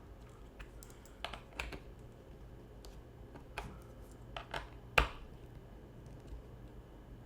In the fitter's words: Oh yeah, she locked into place.